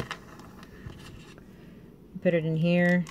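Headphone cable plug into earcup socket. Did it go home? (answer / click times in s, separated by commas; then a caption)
no / none. A headphone cable plug is lined up with the second earcup socket of a pair of Symphonized Wraith 2.0 wood headphones, with soft handling taps and rustles around 0.1, 0.4, 0.6 and 1.4 seconds. Someone talks near the end. The plug has not seated or clicked yet.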